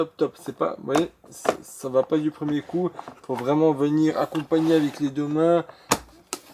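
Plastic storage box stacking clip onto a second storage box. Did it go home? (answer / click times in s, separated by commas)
partly / 6.3 s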